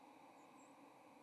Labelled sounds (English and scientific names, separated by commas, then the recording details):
White-throated Sparrow (Zonotrichia albicollis) flight call
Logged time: 08:11 on 30 October 2014